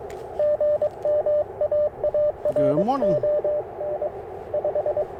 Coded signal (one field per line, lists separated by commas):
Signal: Morse code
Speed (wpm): 22 wpm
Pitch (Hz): 600 Hz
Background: speech, radio noise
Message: GM AARON 5